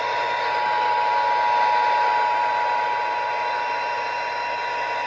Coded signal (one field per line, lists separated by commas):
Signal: Emergency Alert System (SAME) tones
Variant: 853 and 960 Hz attention tone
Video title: February 2026 TN Required Monthly Tests [EAS #158-162]